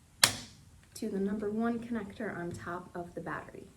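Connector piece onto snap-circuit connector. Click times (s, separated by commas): 0.2 s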